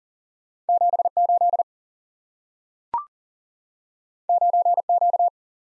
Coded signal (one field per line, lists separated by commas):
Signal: Morse code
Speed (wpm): 38 wpm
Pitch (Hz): 700 Hz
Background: none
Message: 7 8 9 Q